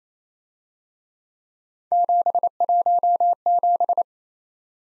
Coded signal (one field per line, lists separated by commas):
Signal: Morse code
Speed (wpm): 31 wpm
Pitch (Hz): 700 Hz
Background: none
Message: 717